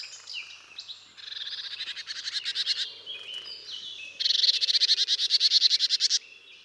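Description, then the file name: Marsh tit giving harsh, buzzy calls in two rapid runs of repeated notes, the second louder. "Poecile palustris"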